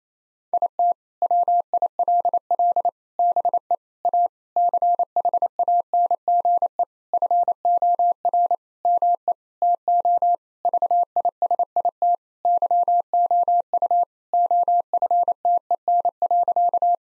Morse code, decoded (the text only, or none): IT WILL BE A CHANGE FOR ME TO VISIT YOU OFTEN.